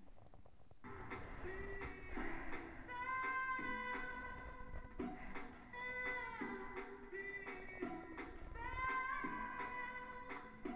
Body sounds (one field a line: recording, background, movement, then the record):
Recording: deep breathing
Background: music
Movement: sitting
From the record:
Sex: female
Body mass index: 22.6 kg/m2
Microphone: on the chest, facing the body